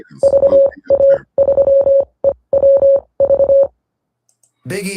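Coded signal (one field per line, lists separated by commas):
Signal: Morse code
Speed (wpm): 24 wpm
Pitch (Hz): 550 Hz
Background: speech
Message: VA3EWV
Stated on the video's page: Heard during an amateur net linked via EchoLink and AllStar.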